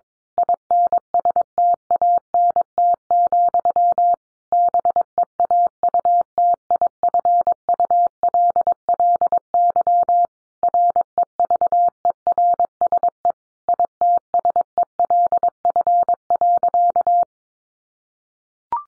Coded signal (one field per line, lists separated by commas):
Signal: Morse code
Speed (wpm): 22 wpm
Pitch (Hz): 700 Hz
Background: none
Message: INSTANT, BEAUTIFULLY REVERSE ITSELF.